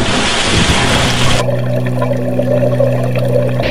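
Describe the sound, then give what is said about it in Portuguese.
A loud, hissing rush of churning water at the back of a boat fills the first second or so, then drops away, leaving a steady low engine drone with softer watery noise beneath it. “Foi na parte de atrás do barco. Ves algo? Non, mas ves a auga algo revolta.”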